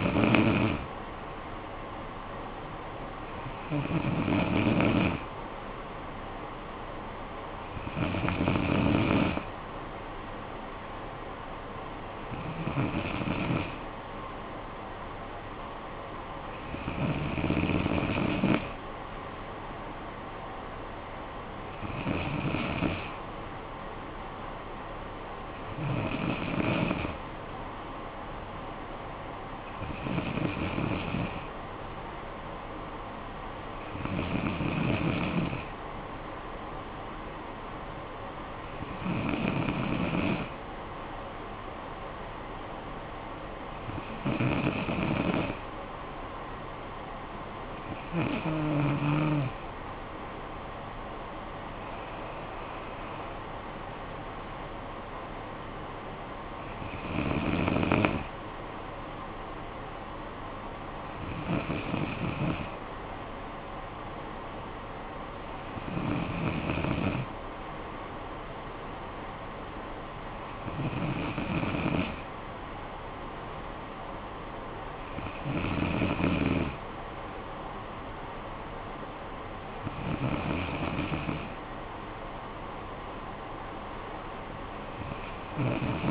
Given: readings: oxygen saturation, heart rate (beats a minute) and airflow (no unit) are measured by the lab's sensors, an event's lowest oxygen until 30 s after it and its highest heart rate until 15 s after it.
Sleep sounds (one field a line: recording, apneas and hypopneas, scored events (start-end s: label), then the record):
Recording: breathing in sleep by a voice recorder at the bedside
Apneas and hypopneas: none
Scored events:
none scored
From the record:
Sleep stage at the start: N2 (light sleep)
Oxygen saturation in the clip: 94 to 95%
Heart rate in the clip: 54 to 73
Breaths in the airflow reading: 19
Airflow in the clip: -10.0 to 9.6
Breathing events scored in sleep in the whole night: 445 in 7.6 hours asleep